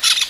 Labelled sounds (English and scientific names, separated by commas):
Brown-throated Parakeet (Eupsittula pertinax) contact call